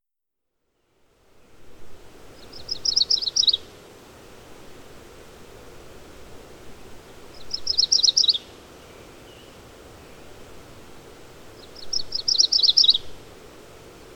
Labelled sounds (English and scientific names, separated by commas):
MacGillivray's Warbler (Geothlypis tolmiei) song